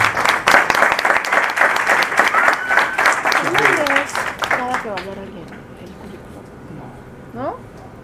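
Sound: audience applause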